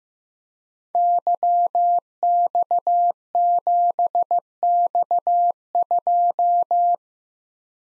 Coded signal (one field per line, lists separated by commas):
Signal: Morse code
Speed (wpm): 15 wpm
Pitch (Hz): 700 Hz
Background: none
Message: YX7X2